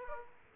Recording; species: mosquito wingbeat signal from an infrared sensor; Aedes aegypti